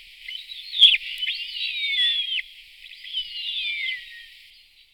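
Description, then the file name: Bearded vulture calls, thin high squealing whistles, rising and falling, in two bouts over several seconds with no other clear sounds. "Orlosup bradaty Gypaetus barbatus"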